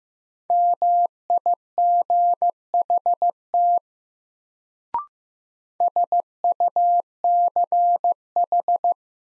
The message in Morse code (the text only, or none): MIGHT SUCH